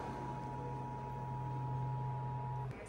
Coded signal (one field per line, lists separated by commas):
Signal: Emergency Alert System (SAME) tones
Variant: 853 and 960 Hz attention tone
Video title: EAS #103 - Sept 2025 Required Monthly Test